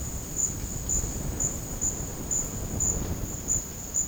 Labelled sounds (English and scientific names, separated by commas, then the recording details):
none
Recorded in dense forest near Puerto Asís, Putumayo, Colombia, on 25 June 2025 at 13:00
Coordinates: 0.486, -76.317
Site G065